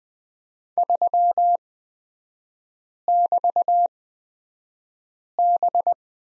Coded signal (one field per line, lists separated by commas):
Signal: Morse code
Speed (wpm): 20 wpm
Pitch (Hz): 700 Hz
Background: none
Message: 3<BT>B